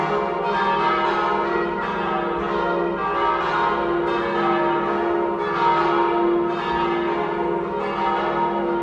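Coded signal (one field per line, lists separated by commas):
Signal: bell signal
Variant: battiore and plenum ringing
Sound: several church bells ringing together continuously, overlapping strikes and long ringing tones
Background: outdoor ambience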